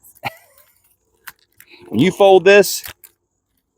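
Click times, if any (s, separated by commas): none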